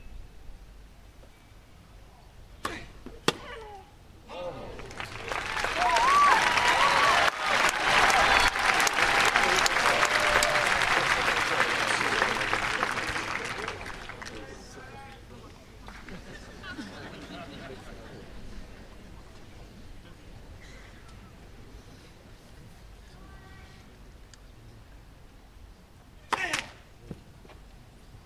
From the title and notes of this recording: Action from the Wimbledon tennis tournament. Here we are on Court Two for the Mixed Doubles. This is a tie break in the third set. Recorded by Cities and Memory. Wimbledon - mixed doubles action.